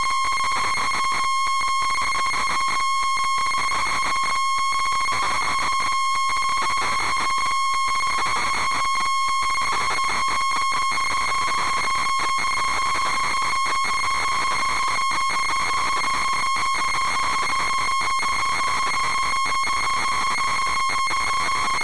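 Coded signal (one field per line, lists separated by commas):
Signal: ZX Spectrum tape loading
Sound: harsh buzzing square-wave tone near 1 kHz, crackly bursts and clicks throughout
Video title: Zx Spectrum Real Tape: Terrormolinos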